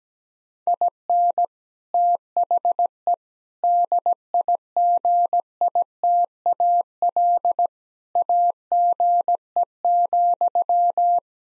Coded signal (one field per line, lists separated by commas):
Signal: Morse code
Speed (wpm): 17 wpm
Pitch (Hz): 700 Hz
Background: none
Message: IN THE DIGITAL AGE,